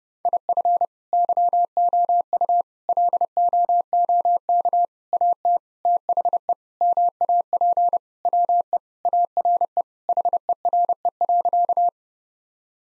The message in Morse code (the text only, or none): IF YOU LOOK AT THE MAP WE ARE HERE.